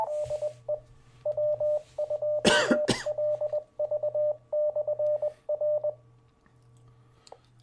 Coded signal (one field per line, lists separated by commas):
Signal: Morse code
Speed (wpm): 21 wpm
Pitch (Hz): 600 Hz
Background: none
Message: DE W2LV/R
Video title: 2014-04-01 - Sussex County Amateur Radio Club Inc. - 2M Net (RECAP)